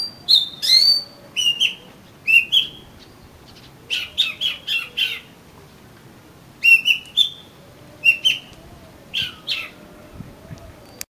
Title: Kacer Kacer